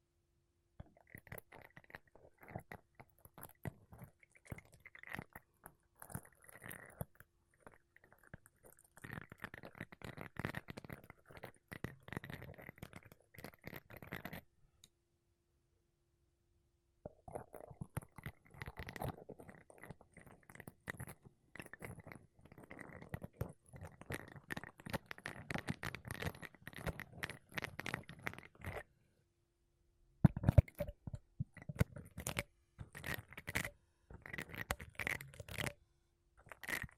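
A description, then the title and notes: Makeup brushes and a sponge sweep against a microphone in dense, scratchy bursts of soft bristly friction, with rapid strokes running almost continuously. Brief silences fall around 14 to 17 seconds and near 29 seconds, and sharper, louder taps and rubs follow at about 30 seconds. ASMR Mic Brushing Using Makeup Brushes and Sponge (No Talking).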